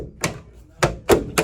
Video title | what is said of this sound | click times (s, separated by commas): Aura Allion Handover | make sure it's locked up into that, and it can't come undone. | 0.8 s